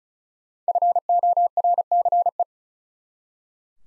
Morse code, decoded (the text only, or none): FORCE